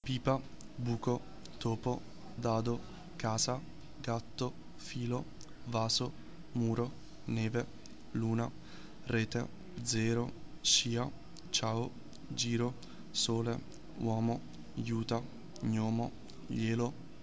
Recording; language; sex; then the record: read list of words; Italian; male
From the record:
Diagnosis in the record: healthy control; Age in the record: 19 years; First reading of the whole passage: 38 s, 13.5 characters per second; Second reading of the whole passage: 40 s, 12.9 characters per second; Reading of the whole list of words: 43 s, 6.6 characters per second